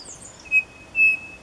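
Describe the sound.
Bird giving two short, flat, pure whistled notes, the second longer than the first, against a quiet hiss.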